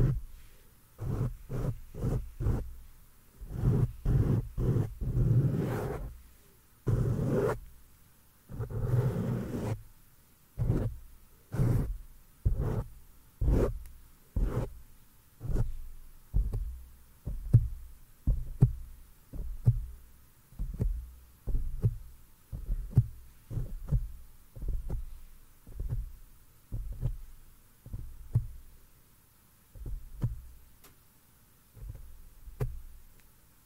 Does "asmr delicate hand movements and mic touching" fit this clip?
yes